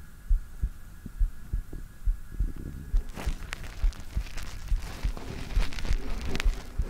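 A calming adult heartbeat heard through bare skin with a black 3Dio binaural microphone.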